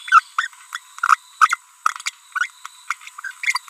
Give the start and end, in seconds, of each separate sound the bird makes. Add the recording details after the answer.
0.38-0.47, 0.73-0.78, 1.03-1.16, 1.41-1.56, 2.06-2.10, 2.65-2.67, 2.90-2.94, 3.24-3.31, 3.43-3.58. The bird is a female. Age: 30 days. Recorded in a nest box in Venezuela. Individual 17B42B3